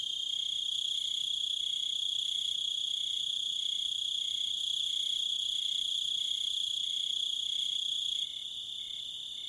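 Crickets chirping in a steady high-pitched chorus with a regular pulsed note beneath it, continuous until the sound drops slightly near the end.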